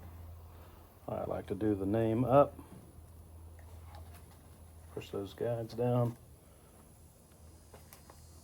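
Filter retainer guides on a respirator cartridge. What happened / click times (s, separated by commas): The plastic filter guides snapped down into place / 7.9 s, 8.1 s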